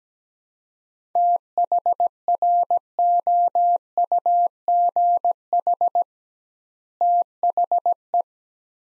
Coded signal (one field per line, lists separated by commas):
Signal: Morse code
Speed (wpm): 17 wpm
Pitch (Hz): 700 Hz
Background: none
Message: THROUGH THE